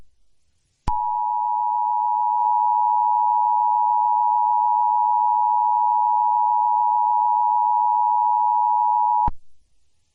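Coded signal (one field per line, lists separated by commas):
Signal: Emergency Alert System (SAME) tones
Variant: 853 and 960 Hz attention tone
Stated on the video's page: Recreation of an Amber Alert child abduction emergency.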